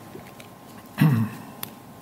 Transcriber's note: clears throat